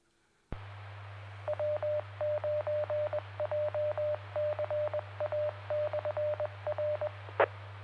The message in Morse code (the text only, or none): W9JCA/RE